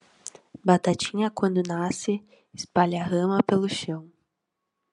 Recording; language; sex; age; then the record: short text; Brazilian Portuguese; female; 18 to 19 years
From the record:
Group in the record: control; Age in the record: 19 years